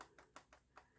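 The plastic lid of a Van Gogh pocket watercolor set of metallic and interference colors is pressed shut again and again, giving small plastic taps at about 0.0, 0.2, 0.4, 0.5 and 0.8 seconds. The catch never engages and nothing latches or clicks shut, so the lid fails to stay closed.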